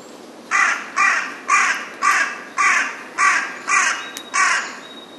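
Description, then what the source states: Carrion crow giving eight harsh, even caws in a steady series, about two each second. Recorded 15 May 2007.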